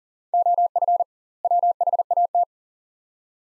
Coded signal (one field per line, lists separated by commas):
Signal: Morse code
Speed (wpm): 37 wpm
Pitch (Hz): 700 Hz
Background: none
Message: OF WHAT